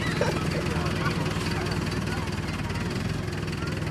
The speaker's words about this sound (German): Das ist Atmo. Die Leute, die es im Auto hören, die werden jetzt denken, sie haben einen LKW im Heck. Nein, es ist nicht so. Es kommt nur aus dem Lautsprecher. Jetzt fährt er rückwärts.